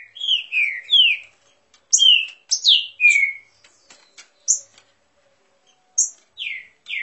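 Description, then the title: Green-winged saltator song: loud, clear whistled phrases sliding downward, given in short bursts with brief sharp high notes between and pauses of silence. Bird warming up its song; song type labelled voice 09. "Canto De Trinca Ferro Voz 09. Trinca Ferro esquentando!"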